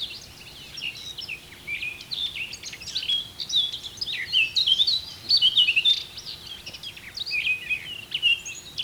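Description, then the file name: Eurasian blackcap giving a continuous, hurried warble of scratchy and fluty notes that grows busier midway, with quick rising and falling whistles. "Sylvia atricapilla"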